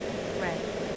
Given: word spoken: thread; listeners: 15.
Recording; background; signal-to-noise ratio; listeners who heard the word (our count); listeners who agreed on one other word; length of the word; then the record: one English word in noise, from a listening test; speech-shaped noise; -4.3 dB; 0 of 15; 10 of 15; 0.56 s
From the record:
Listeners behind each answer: 10, 1, 1, 1, 1, 1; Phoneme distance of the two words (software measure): 7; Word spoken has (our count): 1 syllable, 4 phonemes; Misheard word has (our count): 1 syllable, 3 phonemes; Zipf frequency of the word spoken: 3.74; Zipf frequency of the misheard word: 5.41